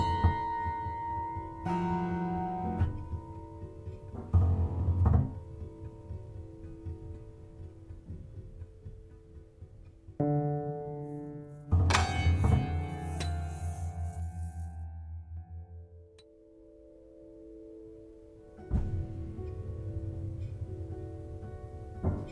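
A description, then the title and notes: Prepared piano struck in separate clusters, each a sharp metallic attack with bright buzzing overtones that rings and slowly decays. Strikes land near 0, 1.5, 4.5, 10, 12 and 19 seconds, the loudest around 12, with quieter low resonance lingering in between. A Prepared Piano. This is one of many experimental improvisation behind my prepared piano.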